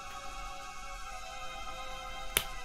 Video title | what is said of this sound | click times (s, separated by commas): Review N27 Asmita chevalier d’or de la Vierge EX MST | c'est clipsé tout | 2.4 s